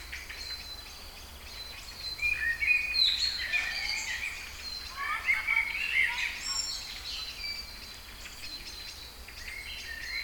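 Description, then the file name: Songbird chorus of mixed whistles and chirps, busiest in the middle, with a constant high background hum. Kouri Forest, Thessaloniki (Salonika), Greece; 22.05.12, 18:35. "Singing Birds Kouri Forest Salonika 22 05 12 18 35"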